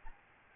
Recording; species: mosquito wingbeat signal from an infrared sensor; Aedes albopictus